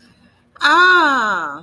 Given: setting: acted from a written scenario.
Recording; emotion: vocal sound without words; positive surprise